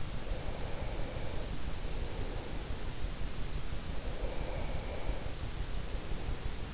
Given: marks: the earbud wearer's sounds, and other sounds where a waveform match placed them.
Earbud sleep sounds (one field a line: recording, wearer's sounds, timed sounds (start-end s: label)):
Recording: sounds in sleep by an in-ear microphone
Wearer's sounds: breath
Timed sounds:
0.06-2.69 s: breath
3.85-6.61 s: breath